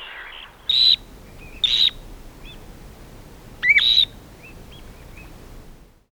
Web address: Dunlin